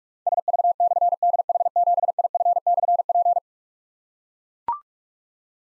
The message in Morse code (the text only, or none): SV/DH7IF/P